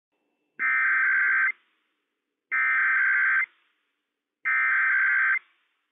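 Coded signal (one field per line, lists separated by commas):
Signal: Emergency Alert System (SAME) tones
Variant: header bursts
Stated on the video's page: Required Weekly Test issued by the Washington State EOC for all of Washington State, via NOAA Weather Radio station.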